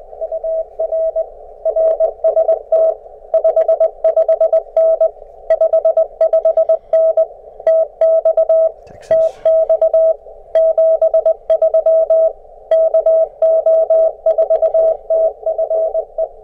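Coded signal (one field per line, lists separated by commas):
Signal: Morse code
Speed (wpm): 20 wpm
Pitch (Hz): 590 Hz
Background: radio noise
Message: UR RST 55N 55N TX TX 73 KO4TFE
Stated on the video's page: CW Parks on the Air activation with a QMX transceiver running about 3.6 watts.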